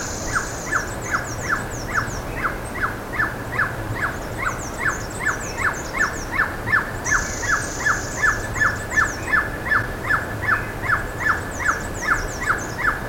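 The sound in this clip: Bird calls: a steady series of sharp downslurred notes, roughly two to three per second, joined by bursts of high rapid twittering and a low background hum.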